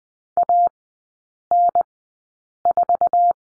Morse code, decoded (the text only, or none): AN4